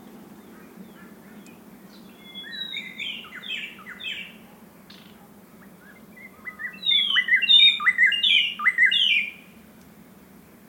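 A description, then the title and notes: A White-browed Robin Chat sings two bursts of quick, sliding whistled notes, the first softer from about two to five seconds, the second louder and more rapid from seven to nine seconds. A steady low hum runs underneath throughout. Field Recording: White-Browed Robin Chat. 6:36 AM. Okavango Panhandle. I hid in my tent with the mic outside to capture this. Sound Devices 702 digital recorder with Sennheiser 418 stereo shotgun microphone (M/S).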